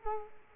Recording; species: mosquito wingbeat signal from an infrared sensor; Culex quinquefasciatus